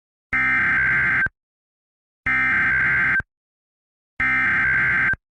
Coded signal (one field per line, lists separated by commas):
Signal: Emergency Alert System (SAME) tones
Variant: header bursts